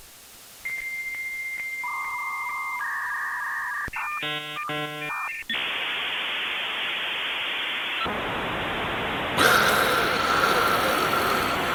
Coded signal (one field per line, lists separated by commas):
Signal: dial-up modem handshake